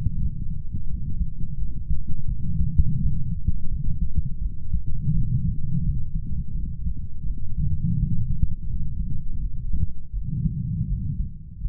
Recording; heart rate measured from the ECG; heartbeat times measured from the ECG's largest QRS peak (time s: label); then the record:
heart sounds by stethoscope; 84 bpm
0.19 s: heartbeat
0.88 s: heartbeat
1.56 s: heartbeat
2.27 s: heartbeat
2.99 s: heartbeat
3.69 s: heartbeat
4.40 s: heartbeat
5.12 s: heartbeat
5.83 s: heartbeat
6.53 s: heartbeat
7.25 s: heartbeat
7.97 s: heartbeat
8.67 s: heartbeat
9.39 s: heartbeat
10.12 s: heartbeat
10.87 s: heartbeat
11.59 s: heartbeat
From the record:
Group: healthy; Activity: light exercise 0-10 s, rest 10-12 s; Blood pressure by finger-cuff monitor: 111/52 mmHg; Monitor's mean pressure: 66 mmHg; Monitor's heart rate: 84 bpm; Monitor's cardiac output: 7.7 L/min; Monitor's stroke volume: 91 mL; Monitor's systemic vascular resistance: 600 dyn s/cm5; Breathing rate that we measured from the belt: 23 breaths a minute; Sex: male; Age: 25 years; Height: 170 cm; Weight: 70.4 kg